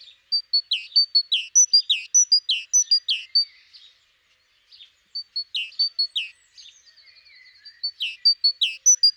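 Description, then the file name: Great tit song: three runs of quick high-low repeated phrases with short gaps between them, and a faint softer note or two in the pauses. "Parus major"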